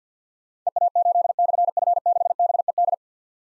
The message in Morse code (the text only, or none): EA8/F6BED